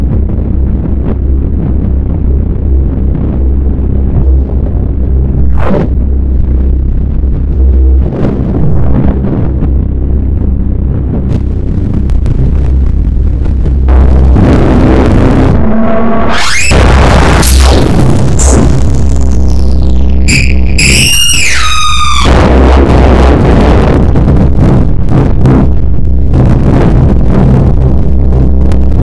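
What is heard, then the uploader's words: A bass drone holds a deep, steady rumble from start to finish, with a rough, gritty texture above it. Faint ticks surface near 6 and 8 seconds. From about 15 to 23 seconds, bright tones sweep up and down in quick glides before the drone carries on alone. Bass Drone.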